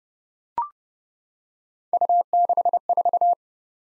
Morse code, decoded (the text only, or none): U64